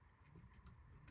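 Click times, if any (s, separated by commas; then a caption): none. During front CV axle reinstallation on a 2010-2015 Lexus RX350, a metal retaining clip is worked toward its groove on the axle assembly with a flathead screwdriver and a pry bar. Only a steady low rumble with faint light ticks is heard. Nothing has seated or clicked into place yet.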